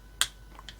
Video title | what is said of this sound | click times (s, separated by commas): Transformers Studio Series '86 Gnaw | here that snap you want it down | 0.2 s